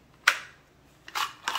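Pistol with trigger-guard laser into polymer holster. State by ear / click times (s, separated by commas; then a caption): not seated / none. A pistol with a trigger-guard laser is handled against a molded polymer laser-sight holster, making a sharp hard transient at 0.3 s, followed by clustered scraping, clattering bursts around 1.1 to 1.3 s and again from 1.5 to 1.6 s. The clip ends before the pistol snaps home into the holster, so nothing has seated or locked yet.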